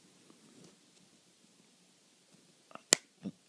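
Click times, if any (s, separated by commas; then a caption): 2.9 s. An iPhone 3G/3GS screen assembly is pressed down after its small post is guided between the metal part and the plastic chassis. Quiet handling and rustling lead to a faint tick at 2.8 s, then a sharp snap at 2.9 s and a softer thud just after. The screen is clipped properly into the chassis.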